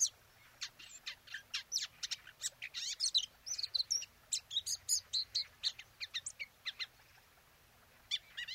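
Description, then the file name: Eurasian blackcap song: a fast, varied warble of high chirps and slurred notes in quick bursts, with brief pauses between phrases. "Sylvia atricapilla"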